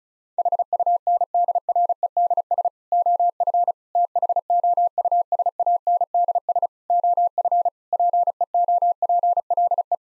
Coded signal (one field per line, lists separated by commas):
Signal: Morse code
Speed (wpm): 36 wpm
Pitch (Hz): 700 Hz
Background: none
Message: HUNDREDS OF THOUSANDS OF PEOPLE